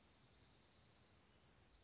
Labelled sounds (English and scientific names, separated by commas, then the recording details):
Dark-eyed Junco (Junco hyemalis)
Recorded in Sonoma County, California